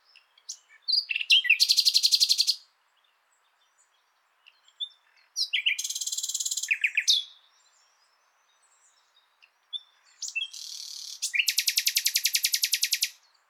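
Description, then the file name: Common nightingale song: three bursts of intense, rapid buzzing trills, each preceded by a few sharp introductory notes, separated by short pauses. "Luscinia megarhynchos"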